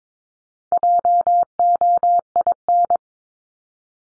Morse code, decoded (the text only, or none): JOIN